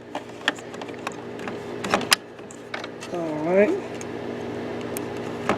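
A black refillable ink cartridge from a continuous ink system for a Canon Maxify printer is handled at the printhead carriage, ready to be pressed in hard until it locks. Light knocks and plastic taps are heard, along with a brief whirring motor sweep around 3.1–3.8 s, and someone talks. Nothing has seated or clicked yet.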